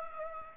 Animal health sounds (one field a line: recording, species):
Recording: mosquito wingbeat signal from an infrared sensor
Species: Culex pipiens